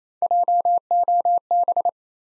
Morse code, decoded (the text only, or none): JOB